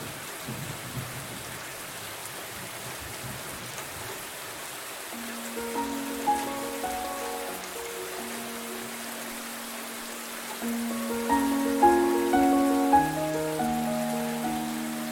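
Steady rain hisses throughout, and around five seconds a slow, gentle melody of sustained tones enters, growing fuller after ten seconds.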